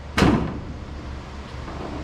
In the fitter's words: So let's try it this way again. 1 click,